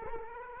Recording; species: mosquito wingbeat signal from an infrared sensor; Culex quinquefasciatus